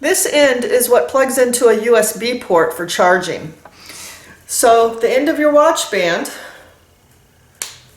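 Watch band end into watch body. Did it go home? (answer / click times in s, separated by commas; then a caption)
yes / 7.6 s. Someone talks while pushing the end of a watch band, which doubles as a USB charging plug, onto the watch body. After a short quiet pause, a single sharp snap at 7.6 s marks the band end seating in place, and it all fits together.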